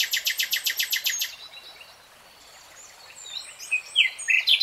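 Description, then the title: Nightingale song: a fast series of loud repeated notes, a quiet gap, then scattered whistled phrases growing louder, over a faint hiss. Nightingale singing, recorded in real time. "[Tiếng chim hót] 3 Hours REALTIME Nightingale Singing"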